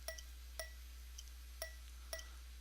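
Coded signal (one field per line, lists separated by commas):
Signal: tap code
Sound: about four clinking metallic taps, evenly spaced, over a steady low hum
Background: low electrical hum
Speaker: we're gonna play the part of the fuser and we're going to count out how many tabs or between each gap here we go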